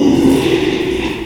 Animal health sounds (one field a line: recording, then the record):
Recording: squeal of a Yucatan mini pig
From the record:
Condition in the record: after surgery on the right vocal fold (resection and tissue-engineered implant)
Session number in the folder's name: 1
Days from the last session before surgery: 6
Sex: male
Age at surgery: 12 weeks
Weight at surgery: 13 kg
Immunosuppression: cyclosporine, prednisolone